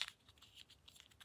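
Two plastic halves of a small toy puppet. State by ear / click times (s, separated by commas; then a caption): not seated / none. Two small plastic halves of a Super Mario Kinder Joy mushroom puppet toy are pushed together by hand, making light plastic taps and crinkly handling noise, loudest at the very start and then soft, scattered ticks. The halves don't fit together, and nothing has snapped or clicked into place yet.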